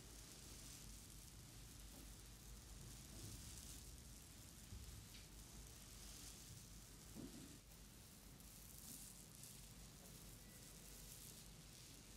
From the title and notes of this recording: ASMR Sleep Therapy - Amazing ASMR head, neck, back and facial massage for deep sleep.